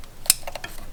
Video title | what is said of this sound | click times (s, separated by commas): How to Change Spark Plugs - Toyota Landcruiser/Tundra/Sequoia/4Runner/LX470 | make sure you hear that click when you pop that clip back on | 0.3 s